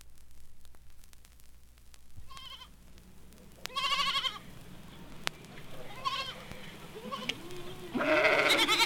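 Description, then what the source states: Sheep and goats bleating in short, wavering bursts, a few scattered calls over a steady low hum and occasional clicks. Sheep, goats, lambs and kids.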